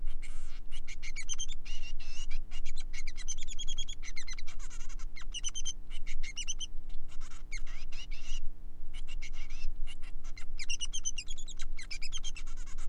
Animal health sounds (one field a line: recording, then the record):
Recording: song of a male Bengalese finch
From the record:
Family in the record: son of father 3